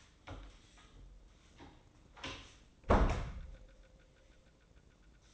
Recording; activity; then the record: daily activity, microphone in the room; close door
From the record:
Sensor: 3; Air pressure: 1012.2 hPa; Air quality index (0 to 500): 172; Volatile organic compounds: 3 ppm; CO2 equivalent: 1326 ppm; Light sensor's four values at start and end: 562/1396/577/590 and 535/1327/548/557